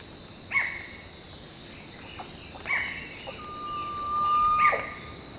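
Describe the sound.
Bird calls: three short, harsh notes sliding downward, about two seconds apart, with a long steady whistle between the last two over a constant high hum.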